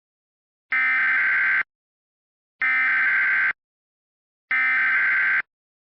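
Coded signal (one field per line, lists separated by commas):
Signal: Emergency Alert System (SAME) tones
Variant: header bursts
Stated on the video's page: Mock shelter-in-place EAS message using valid SAME tones, not a real alert.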